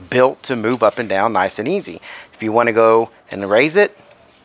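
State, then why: Not seated. A man talks over quiet background sound while handling a VEVOR telescoping aluminum RV ladder, whose sections slide up and down smoothly without oil, as a section is about to be raised toward its spring lock at the rung joint. Nothing has seated or clicked yet.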